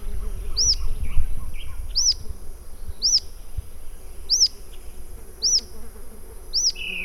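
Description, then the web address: Rough-legged tyrannulet giving six high, thin, arching whistles spaced roughly a second apart, over low rumble. "sound Rough-legged-tyrannulet. صدای-پرنده-ژیانمرغک-پازبر"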